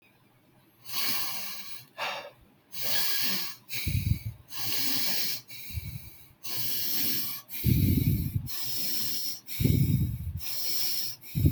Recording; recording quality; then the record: shallow breathing; excellent, no background noise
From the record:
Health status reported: healthy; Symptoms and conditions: none ticked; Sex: male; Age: 20 years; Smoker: not ticked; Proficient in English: yes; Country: India